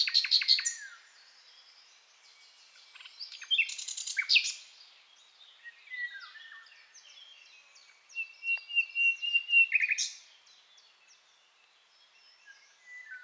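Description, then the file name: Common nightingale singing varied phrases with rapid rattling note series, scratchy bursts and a sustained whistled note, separated by short pauses. "Luscinia megarhynchos"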